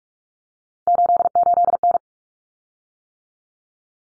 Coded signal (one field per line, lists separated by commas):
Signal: Morse code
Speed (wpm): 44 wpm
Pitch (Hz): 700 Hz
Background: none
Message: 88N